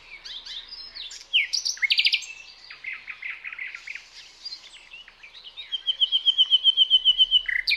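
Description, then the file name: Common nightingale song with bursts of rapid repeated notes, a quick stuttering series, and a long steady trill of evenly spaced pulses near the end. "Luscinia megarhynchos"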